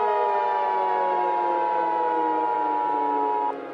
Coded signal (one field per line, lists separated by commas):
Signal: Emergency Alert System (SAME) tones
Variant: 853 and 960 Hz attention tone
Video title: EAS Scenario #19 - The Wraith of Admin Romeo